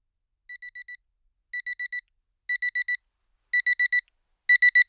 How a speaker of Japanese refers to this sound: 先生。ダメみたいですね。かわいそうですが、 アラームを鳴らすとしましょうか。